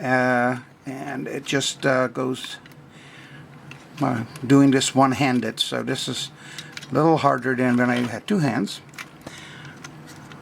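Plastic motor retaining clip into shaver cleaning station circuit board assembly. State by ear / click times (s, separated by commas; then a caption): seated / 9.9 s. Working one-handed, someone pushes a small plastic retaining clip that holds the motor to the circuit board of a Braun shaver cleaning station back into place while talking. Light clicks and handling sounds follow the speech, and the clip snaps back in at 9.9 s.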